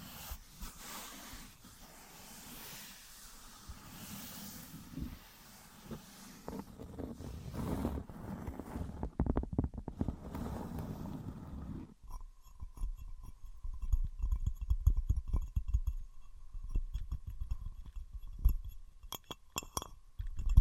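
Materials such as wood, cork, sponge, foam, glass and plastic being handled. The first twelve seconds hold a dense, low, windy rumble of rubbing and scraping with rapid taps. It then cuts to quieter, scattered sharp clicks over a faint steady whine.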